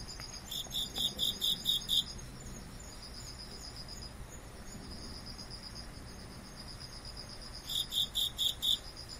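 Cricket chirping in two bursts of about six quick pulses each, at the start and near the end, with a steady faint high hiss in between.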